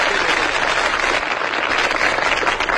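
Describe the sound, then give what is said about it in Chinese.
A steady burst of audience applause at a xiangsheng (crosstalk) comedy performance after the performer asks the audience for it, dense and continuous clapping from many hands at an even, fairly loud level throughout, with no voices standing out. “您说像您这么没皮没脸的，跟观众直接要掌声，观众好意思不给你鼓吗？”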